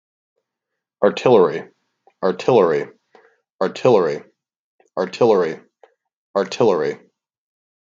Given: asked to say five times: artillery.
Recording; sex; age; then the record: repeated word; male; 30 to 39 years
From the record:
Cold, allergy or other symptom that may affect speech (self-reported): no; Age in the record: 37 years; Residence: Virginia, United States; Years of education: 18